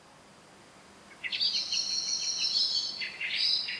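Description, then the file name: Eurasian blackbird: a rapid series of high scratchy notes lasting under two seconds, a brief pause, then a second burst. "Turdus merula"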